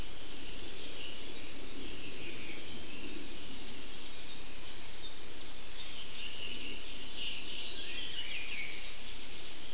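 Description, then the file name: Eurasian wryneck calling, a series of several short nasal notes, over a steady low rumble and a continuous hiss of background noise. "nyaktekercs kiáltozás"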